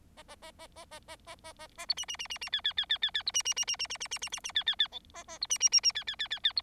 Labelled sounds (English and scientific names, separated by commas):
Bengalese Finch (Lonchura striata domestica) song